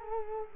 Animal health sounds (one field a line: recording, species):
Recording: mosquito wingbeat signal from an infrared sensor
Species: Culex quinquefasciatus